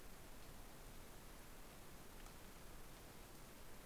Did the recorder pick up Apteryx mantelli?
no